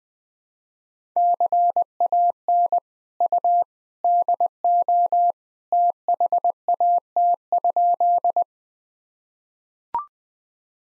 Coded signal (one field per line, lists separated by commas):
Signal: Morse code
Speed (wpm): 20 wpm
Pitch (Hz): 700 Hz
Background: none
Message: CAN U DO THAT?